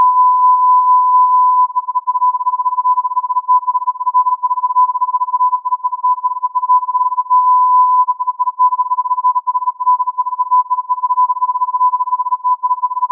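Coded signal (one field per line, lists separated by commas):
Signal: radio time signal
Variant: Beta RJH69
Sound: a steady tone near 1 kHz keyed on and off in fast irregular pulses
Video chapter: 07:05 : Time code, on-off modulation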